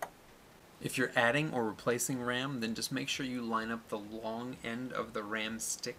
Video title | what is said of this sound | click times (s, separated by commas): Reseating Your Computer's Components | either side of the stick until you hear the clips go back into place | 0.0 s